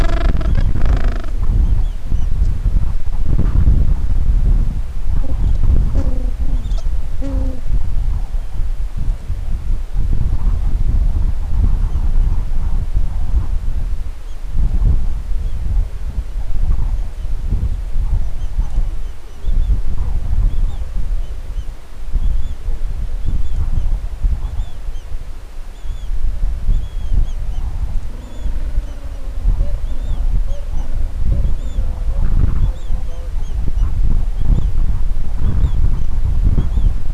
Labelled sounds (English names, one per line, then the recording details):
Gentoo Penguin
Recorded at the colony at Stromness, on 23 December 2014
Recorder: Song Meter SM2+